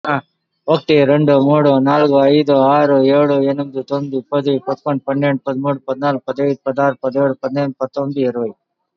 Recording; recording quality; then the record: counting at a fast pace; moderate, slight background noise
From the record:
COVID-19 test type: RT-PCR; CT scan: not taken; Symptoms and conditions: none ticked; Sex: male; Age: 56 years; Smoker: no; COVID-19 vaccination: both doses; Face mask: worn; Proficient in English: yes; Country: India